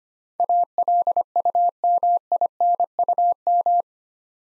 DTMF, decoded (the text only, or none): none